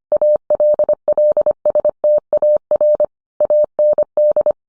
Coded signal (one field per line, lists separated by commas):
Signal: Morse code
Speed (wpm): 25 wpm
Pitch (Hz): 600 Hz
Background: none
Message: ALLSTAR AND